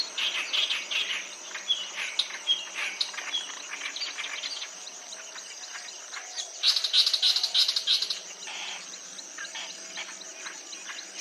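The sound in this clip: Clamorous reed warbler with grating, croaky repeated phrases, loudest at the start and midway, under a constant shrill insect drone.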